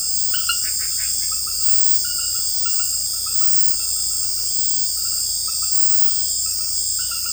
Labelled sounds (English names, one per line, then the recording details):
none
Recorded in dense forest near Puerto Asís, Putumayo, Colombia, on 20 February 2024 at 02:30
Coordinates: 0.487, -76.319
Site G6403